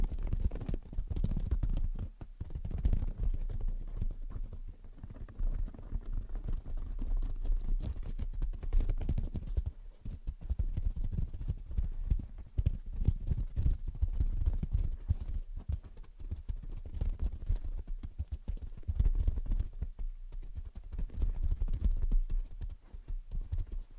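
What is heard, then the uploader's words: Gentle tapping and scratching runs through the whole stretch, a dense, uneven patter of soft knocks with a rough scraping texture underneath. The sound sits mostly low and muffled, with brief quieter gaps near ten seconds and again around twenty. Gentle Tapping and Scratching. (No Talking).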